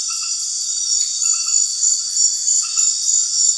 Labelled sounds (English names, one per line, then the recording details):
none
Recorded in secondary vegetation near Puerto Asís, Putumayo, Colombia, on 12 March 2025 at 21:00
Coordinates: 0.499, -76.323
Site G094